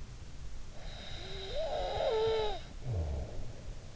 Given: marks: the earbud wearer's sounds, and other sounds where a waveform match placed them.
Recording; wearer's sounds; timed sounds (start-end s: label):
sounds in sleep by an in-ear microphone; snoring breath
0.25-3.96 s: snoring breath